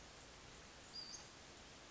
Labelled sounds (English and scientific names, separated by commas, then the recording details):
Western Flycatcher (Empidonax difficilis)
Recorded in Sonoma County, California